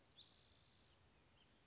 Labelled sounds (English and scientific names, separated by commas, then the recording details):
Spotted Towhee (Pipilo maculatus)
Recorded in Sonoma County, California